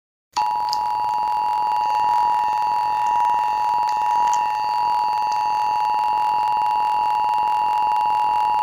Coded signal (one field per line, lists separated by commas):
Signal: Emergency Alert System (SAME) tones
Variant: 853 and 960 Hz attention tone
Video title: eas mock: Wyoming winter storm warning